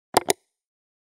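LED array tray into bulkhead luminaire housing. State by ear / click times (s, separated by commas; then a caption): seated / 0.2 s, 0.3 s. A hinged LED array tray is closed into a polycarbonate bulkhead luminaire housing and clipped shut. Two sharp clicks sound at 0.2 s and 0.3 s, then silence. The tray is seated and clipped closed.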